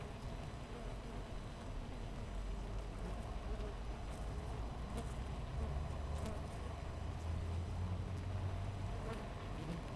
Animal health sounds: honeybee colony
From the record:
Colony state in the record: missing queen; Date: 14 July 2017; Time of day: 6:07

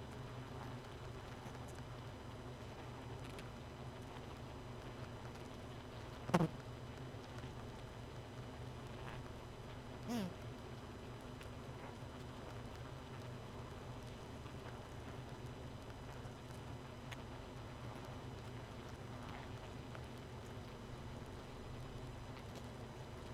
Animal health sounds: honeybee colony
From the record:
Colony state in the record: missing queen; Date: 31 May 2018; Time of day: 1:25

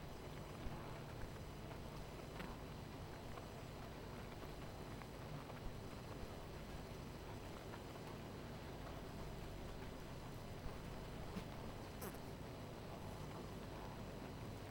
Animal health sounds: honeybee colony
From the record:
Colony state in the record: missing queen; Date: 14 July 2017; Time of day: 18:56

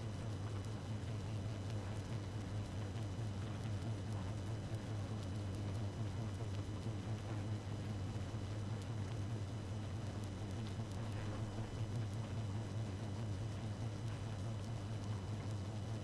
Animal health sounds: honeybee colony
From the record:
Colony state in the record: active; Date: 12 June 2018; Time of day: 0:39

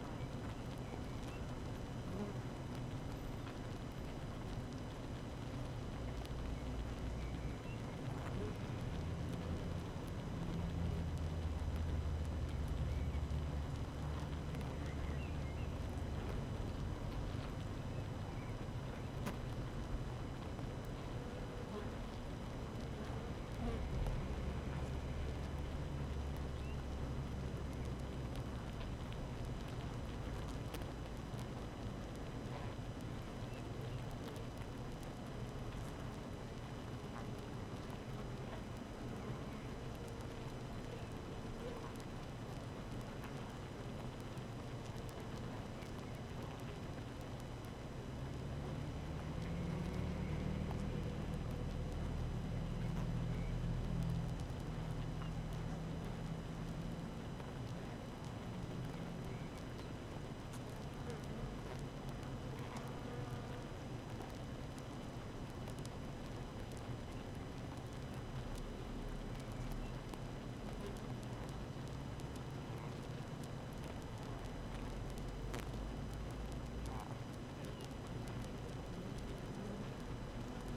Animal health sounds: honeybee colony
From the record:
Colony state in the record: active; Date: 12 June 2018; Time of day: 7:17

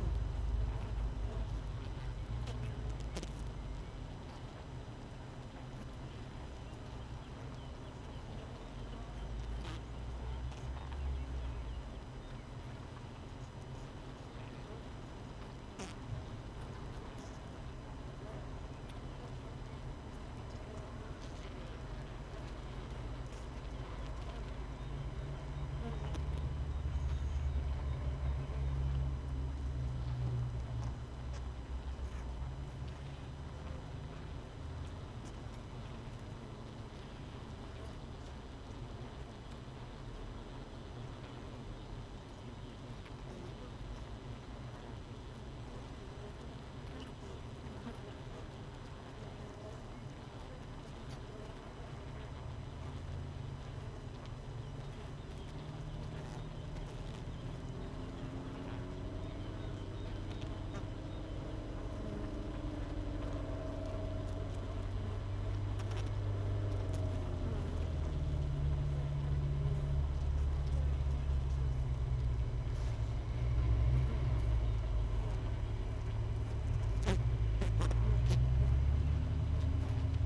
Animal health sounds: honeybee colony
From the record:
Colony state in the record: missing queen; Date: 31 May 2018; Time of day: 5:40

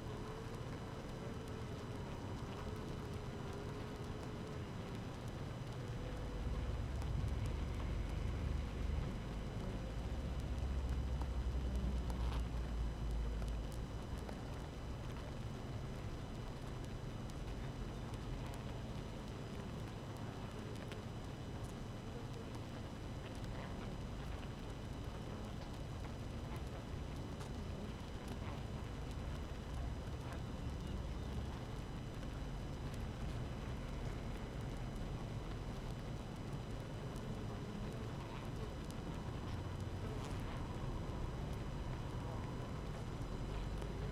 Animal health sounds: honeybee colony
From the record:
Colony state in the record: active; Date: 12 June 2018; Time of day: 6:43

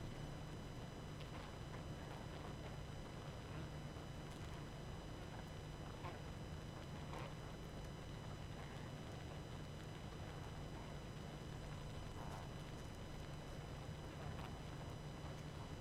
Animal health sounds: honeybee colony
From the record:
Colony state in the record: active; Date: 12 June 2018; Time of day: 21:27

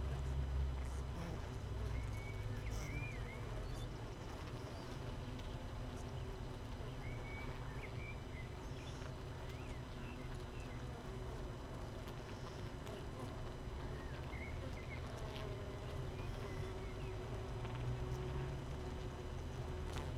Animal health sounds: honeybee colony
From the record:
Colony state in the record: missing queen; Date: 31 May 2018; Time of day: 6:56

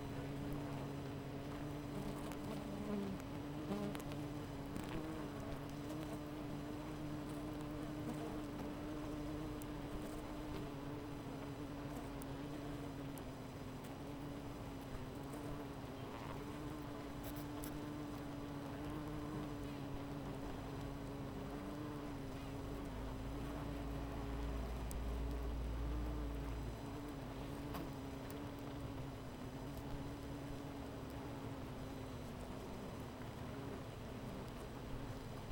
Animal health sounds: honeybee colony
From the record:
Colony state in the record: missing queen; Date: 14 July 2017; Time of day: 13:06

